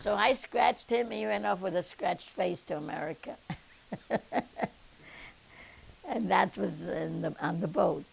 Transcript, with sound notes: So I scratched him. He went off with a scratched face to America. ( she laughs ) And that was on the boat.